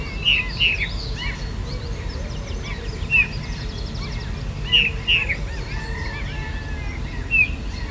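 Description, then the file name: Eurasian bullfinch piping calls, brief clear whistles given in pairs and singles, over a chattering chorus of other songbirds and steady low noise. "Pyrrhula pyrrhula"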